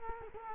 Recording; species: mosquito wingbeat signal from an infrared sensor; Culex quinquefasciatus